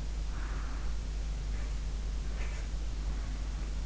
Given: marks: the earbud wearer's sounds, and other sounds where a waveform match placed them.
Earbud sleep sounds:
sounds in sleep by an in-ear microphone; breath
0.30-1.82 s: breath
2.30-3.86 s: breath

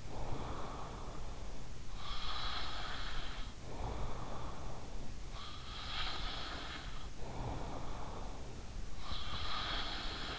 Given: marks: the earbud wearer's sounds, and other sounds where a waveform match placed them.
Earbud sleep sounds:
sounds in sleep by an in-ear microphone; breath
0.00-10.39 s: breath

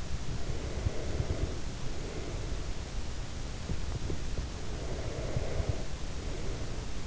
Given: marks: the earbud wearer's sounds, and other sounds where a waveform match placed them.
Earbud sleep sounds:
sounds in sleep by an in-ear microphone; breath
0.82-2.83 s: breath
4.83-7.06 s: breath

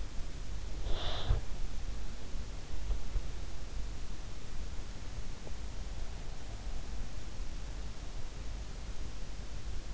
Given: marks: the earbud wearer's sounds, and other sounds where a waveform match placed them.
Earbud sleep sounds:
sounds in sleep by an in-ear microphone; breath
0.00-2.19 s: breath

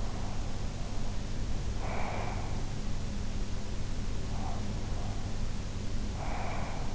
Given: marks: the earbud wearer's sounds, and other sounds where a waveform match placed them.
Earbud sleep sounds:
sounds in sleep by an in-ear microphone; breath
0.02-2.57 s: breath
4.33-6.95 s: breath

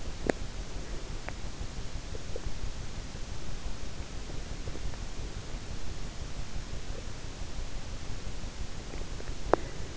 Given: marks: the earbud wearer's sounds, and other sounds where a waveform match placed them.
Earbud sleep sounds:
sounds in sleep by an in-ear microphone; teeth grinding
0.00-0.60 s: teeth grinding
9.25-9.89 s: teeth grinding

